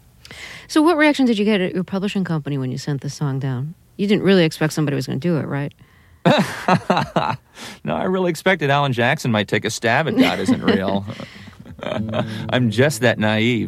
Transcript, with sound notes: So, what reaction did you get at your publishing company when you sent the song down? You didn't really expect somebody was going to do it, right?
(laughs) No, I really expected Alan Jackson might take a stab at "God Isn't Real." I'm just that naive.